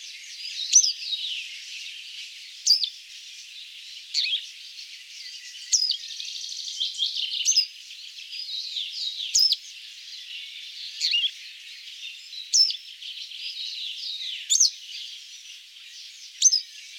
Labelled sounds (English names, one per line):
Western Yellow Wagtail song